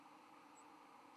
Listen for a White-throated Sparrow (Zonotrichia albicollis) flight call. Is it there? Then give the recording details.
no. Another species' flight call is heard. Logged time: 08:33 on 13 November 2014